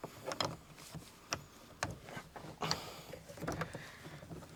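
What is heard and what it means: A plastic car door trim panel is pressed back onto the door frame, and its plastic retaining clips snap in one after another with sharp clicks at 0.4 s, 1.3 s and 1.8 s. Softer knocks and rustling follow. The trim panel clips are seated in place.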